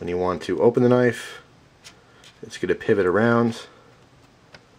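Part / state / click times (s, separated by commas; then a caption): lockback bar into blade tang notch of a folding knife / seated / 4.6 s. A Spyderco Ladybug folding knife (Countycomm orange, H1, adjustable) is swung open while someone talks. Its steel lockback bar drops into the notch on the blade tang with a short, sharp click at 4.5 s that locks the blade open. A second faint tick follows at 4.8 s.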